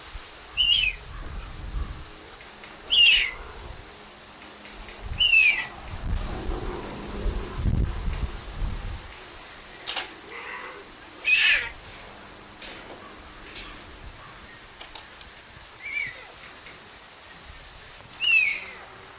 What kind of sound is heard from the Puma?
call